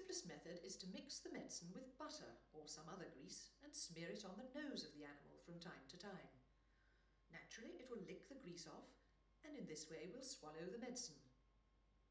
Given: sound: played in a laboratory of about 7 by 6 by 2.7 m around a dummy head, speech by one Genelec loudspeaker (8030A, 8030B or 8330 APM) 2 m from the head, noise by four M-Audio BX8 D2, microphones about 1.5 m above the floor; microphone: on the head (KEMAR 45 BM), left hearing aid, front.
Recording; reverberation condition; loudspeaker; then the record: female speech in English; medium; 30 degrees to the left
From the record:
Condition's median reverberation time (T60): about 510 ms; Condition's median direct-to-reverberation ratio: about -0.5 dB